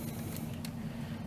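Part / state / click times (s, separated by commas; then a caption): upgrade kit plastic piece onto action figure post / not seated / none. A plastic upgrade kit piece for a Transformers Decepticon Devastator figure is pressed onto the figure's post a second time. There is a low steady hum and two brief faint ticks near 0.4 and 0.7 seconds. The piece has not popped into place, and nothing has seated or clicked yet because the post is too thick and may need slimming down.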